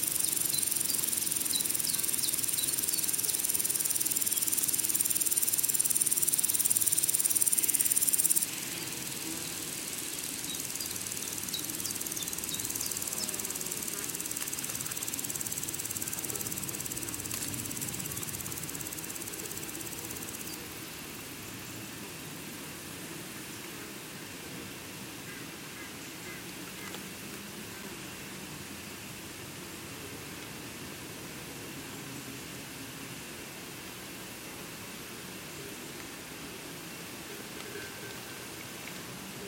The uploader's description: Soundscapes from different forests around the world